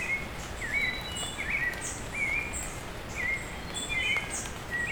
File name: Hi-Fi Nature Sounds - Beautiful Bird Call with Rain on Leaves